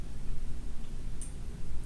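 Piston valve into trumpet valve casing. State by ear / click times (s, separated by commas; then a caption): seated / 1.2 s. A metal trumpet piston valve is lowered into the valve casing and turned clockwise until its guide clicks into the slot at 1.2 s, a brief bright tick over a low background rumble. The valve is seated and locked in place.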